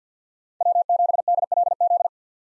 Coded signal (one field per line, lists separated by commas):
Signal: Morse code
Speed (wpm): 50 wpm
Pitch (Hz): 700 Hz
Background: none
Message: W7DLZ